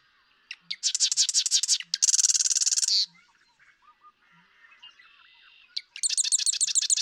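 Marsh Wren song: stuttering, rattling phrases that run into a dense buzzy trill, then a later rapid series of sharp repeated notes.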